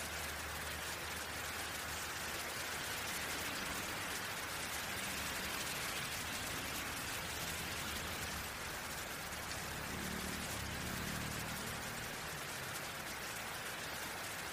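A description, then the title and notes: Rain falls in a steady, dense patter with fine crackling detail across the whole fifteen seconds, its level barely changing. A soft low rumble sits underneath throughout, swelling slightly around the ten to twelve second mark before settling back. Calming Rain and Thunder Sounds. The gentle pitter-patter of raindrops and the distant rumble of thunder. Feel the rhythm of the rain as it taps against the windowpane or dances on the leaves outside.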